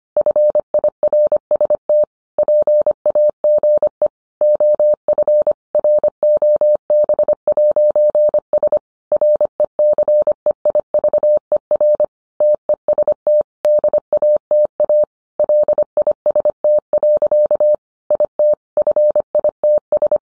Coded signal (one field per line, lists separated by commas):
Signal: Morse code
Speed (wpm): 25 wpm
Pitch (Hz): 600 Hz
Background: none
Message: FIRST PAGE OF ROB'S RECEIVER TEST DATA LIST. IT FITS